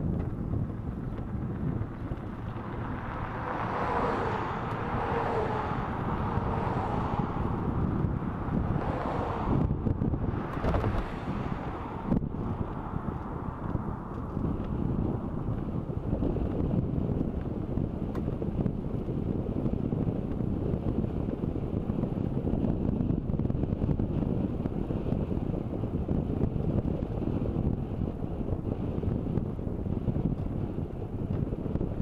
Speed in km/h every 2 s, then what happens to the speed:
15, 16, 17, 18, 19, 21, 21, 22, 22, 23, 23, 24, 23, 22, 23, 23.
0-32 steady at about 22.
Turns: none.